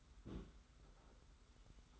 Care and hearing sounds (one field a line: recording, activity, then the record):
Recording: daily activity, microphone in the room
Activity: place on stove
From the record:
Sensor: 3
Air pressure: 991.1 hPa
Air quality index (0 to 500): 102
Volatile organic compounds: 36 ppm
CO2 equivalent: 3073 ppm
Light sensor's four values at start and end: 45/124/51/44 and 45/124/51/44